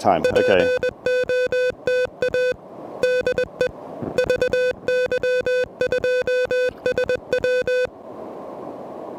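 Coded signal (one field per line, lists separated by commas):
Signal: Morse code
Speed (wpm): 20 wpm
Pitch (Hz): 500 Hz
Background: speech, music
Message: POTA DE VY2SW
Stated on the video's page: Pedestrian mobile QRP Parks on the Air activation, an all-time-new-one park, worked on an Elecraft KH1.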